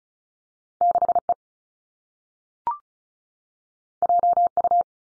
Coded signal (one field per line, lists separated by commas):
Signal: Morse code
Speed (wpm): 36 wpm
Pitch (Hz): 700 Hz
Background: none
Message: 6 E J U